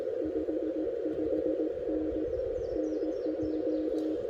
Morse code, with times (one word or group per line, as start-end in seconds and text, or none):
0.2-2.2 55N
2.8-4.2 NJ